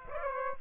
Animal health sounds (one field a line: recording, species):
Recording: mosquito wingbeat signal from an infrared sensor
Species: Aedes aegypti